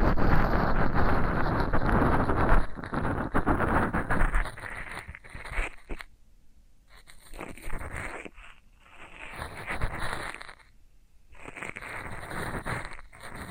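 Floral foam being pressed and crumbled, a dense crackly scraping that is loudest over the first four seconds. After that it comes in separate bursts of crunching, around six to eight, nine to ten and twelve to fourteen seconds, with near-silent pauses between them.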